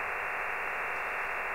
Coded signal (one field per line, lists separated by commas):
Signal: digital SSTV (DRM)